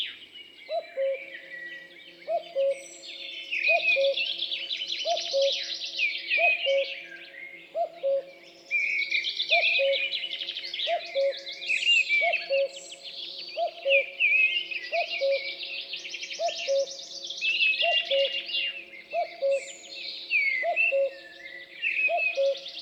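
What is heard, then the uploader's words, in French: A common cuckoo calls its two-note song over and over at a steady pace, roughly every two seconds, through a woodland dawn chorus. Dense, bright chirps and trills from several small birds fill the upper range continuously, overlapping with each other throughout. Champs des Blas - Nagra LB - mkh8020. Dans un nouveau chorus du matin le Coucou gris (Cuculus canorus) marque de son empreinte sonore la forêt. Pouillot de Bonelli, Pinson des arbres et Grive draine, rougegorge familier l'accompagnent.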